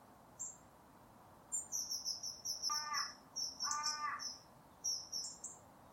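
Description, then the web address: Bird producing rapid high squeaky chatter, interrupted by two harsh rasping caws in the middle. "cianscape. Deverinetal 2025. Bird Only"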